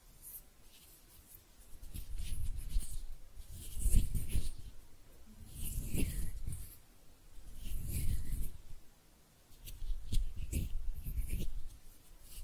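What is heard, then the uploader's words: Hands rub and brush together in slow rhythmic swells about every two seconds, each pass a soft low rustle with faint crisp edges. ASMR Relaxing Hand Sounds (No Talking).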